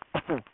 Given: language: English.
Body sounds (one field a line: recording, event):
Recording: throat vibration sensor signal played as sound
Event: cough